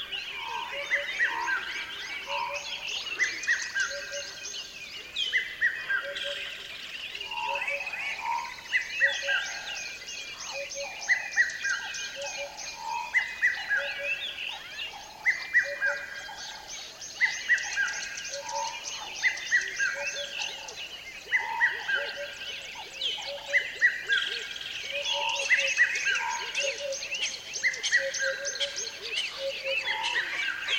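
A dense dawn chorus of many bird species, with steady bright chirps, trills and repeated whistled notes overlapping continuously throughout.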